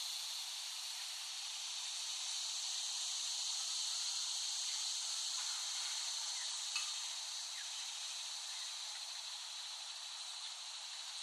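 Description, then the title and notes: Cicadas in a steady, hissing high-pitched drone that swells slightly and never pauses, with a faint click near the middle. Cicadas recorded in West Brighton, Staten Island, late summer 2008. "The Cicadas of Summer. Recording of cicadas made by Dan Bodah in West Brighton, Staten Island, late summer 2008"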